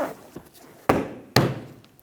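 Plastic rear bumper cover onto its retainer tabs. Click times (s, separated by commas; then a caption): 0.9 s, 1.4 s. A plastic rear bumper cover on a 2012–2017 Toyota Camry is pushed by hand up and over its retaining tabs. Two sharp, thunk-like clicks ring out at 0.9 s and 1.4 s, followed by a couple of faint ticks. The bumper cover clips snap onto the tabs and the cover is seated.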